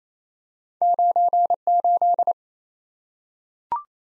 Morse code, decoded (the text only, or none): 98